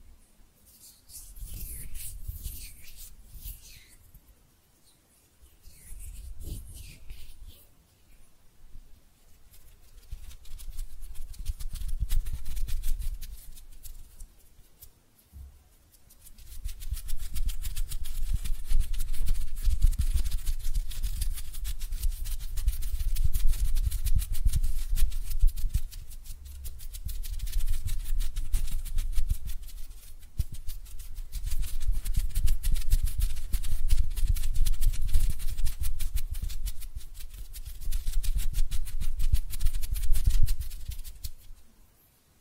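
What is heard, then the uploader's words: Hands rub and brush together in soft, dense, papery swishes with a low rumble underneath. The first fifteen seconds come in short separate bursts with pauses between them. After that the rubbing runs almost continuously, swelling and easing in long waves until the end. ASMR Relaxing Hand Sounds (No Talking).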